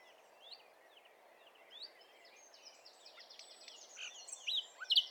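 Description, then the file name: Common nightingale song: faint scattered whistled notes at first, then a louder run of varied buzzy phrases, sharp chirps and rising whistles near the end, over a steady low hum. "Luscinia megarhynchos"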